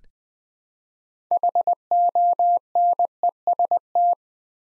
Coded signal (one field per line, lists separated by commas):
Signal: Morse code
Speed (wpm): 20 wpm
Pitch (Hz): 700 Hz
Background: none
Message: HONEST